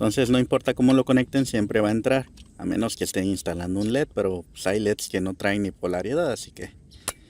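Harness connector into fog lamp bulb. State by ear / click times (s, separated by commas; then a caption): seated / 7.1 s. The wiring harness connector is plugged onto the fog lamp bulb socket in the fog light of a Spark / Beat car while someone talks throughout. A short, sharp click at 7.1 s marks the connector latching into place, seated.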